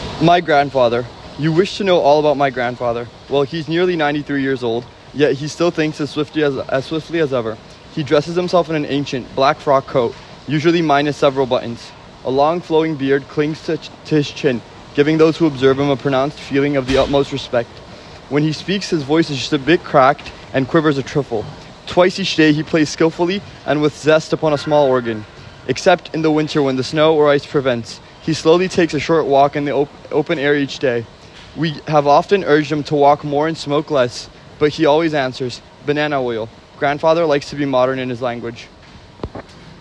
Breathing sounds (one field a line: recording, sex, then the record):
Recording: reading aloud after running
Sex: male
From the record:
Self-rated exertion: very light exertion (1 of 6)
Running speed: 6 miles an hour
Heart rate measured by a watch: 127 beats a minute at the start, 128 at the end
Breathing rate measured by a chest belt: 26 breaths a minute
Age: 19 years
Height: 183 cm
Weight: 68 kg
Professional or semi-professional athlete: no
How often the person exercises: 1 to 2 times a week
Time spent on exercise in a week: 2 to 3 hours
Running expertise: yes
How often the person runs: under once a week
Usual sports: volleyball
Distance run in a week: 6 km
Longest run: 10 km